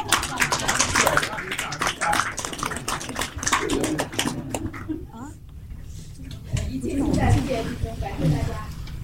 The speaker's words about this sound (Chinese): 好，那我们大家用最热烈 的掌声。别讲了，好吧。 掌声。